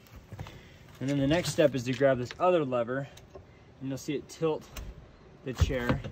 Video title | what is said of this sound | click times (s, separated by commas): Bonvoy the Van - Pre Trip Walk Thru | i like to sit on i just get a little scoot with my boot bring it all the way out you'll feel it kind of lock into place and | 0.4 s, 0.5 s